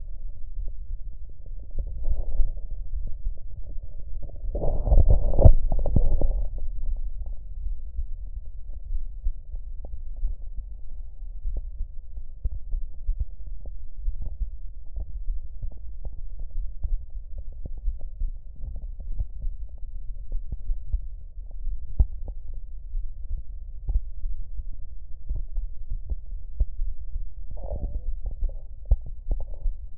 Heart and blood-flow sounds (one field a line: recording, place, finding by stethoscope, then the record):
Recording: heart sounds by stethoscope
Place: pulmonary valve (PV)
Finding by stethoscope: normal heart sounds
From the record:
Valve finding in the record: normal valve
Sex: female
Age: 50 years